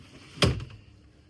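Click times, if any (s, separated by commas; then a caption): 0.4 s. A van seat on a MobiFrame Single Swivel Seat metal swivel base is turned back to face forward and locks into place at 0.4 s with a sharp metallic clunk. Two fainter knocks follow at about 0.6 and 0.7 s before a low, quiet tail. The base is locked in the forward position.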